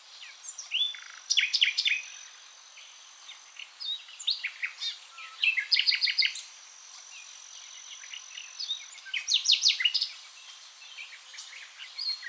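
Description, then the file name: Common nightingale song in bursts of fast repeated notes, rattling trills and drawn-out high whistles, separated by short pauses, with faint background hiss. "Luscinia megarhynchos"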